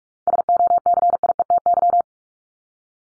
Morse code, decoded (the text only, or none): SOCIETY